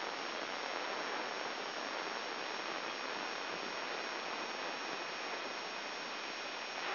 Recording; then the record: brain microelectrode recording played as sound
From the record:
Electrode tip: outside the subthalamic nucleus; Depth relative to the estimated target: -4 mm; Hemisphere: right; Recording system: AlphaMap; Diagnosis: Parkinson's disease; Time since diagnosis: 7 years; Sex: male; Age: 59 years